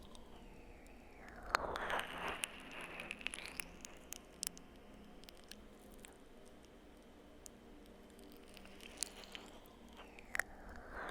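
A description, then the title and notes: Slow ear licks and kisses: wet smacks and clicks scattered over a soft steady hiss, clustered near two seconds and again near ten. ASMR Slow Ear LicksKisses.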